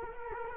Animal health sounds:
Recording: mosquito wingbeat signal from an infrared sensor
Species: Culex quinquefasciatus

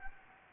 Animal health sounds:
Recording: mosquito wingbeat signal from an infrared sensor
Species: Anopheles gambiae

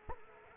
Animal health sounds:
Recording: mosquito wingbeat signal from an infrared sensor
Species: Culex quinquefasciatus

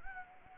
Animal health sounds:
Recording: mosquito wingbeat signal from an infrared sensor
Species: Anopheles gambiae

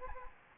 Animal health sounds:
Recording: mosquito wingbeat signal from an infrared sensor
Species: Anopheles gambiae

